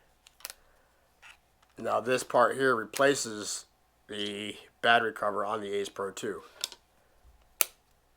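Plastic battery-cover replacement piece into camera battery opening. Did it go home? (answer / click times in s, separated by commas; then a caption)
yes / 7.6 s. A plastic frame piece that replaces the battery cover on an Ace Pro 2 action camera is fitted into the camera's battery opening while someone talks. A few faint taps come early, then a single sharp click at 7.6 s as the piece locks into place.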